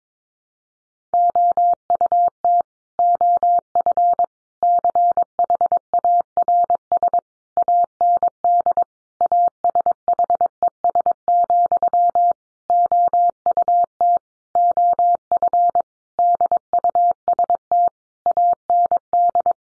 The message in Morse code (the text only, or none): OUT OF CHARS AND ASHES, OUT OF DUST AND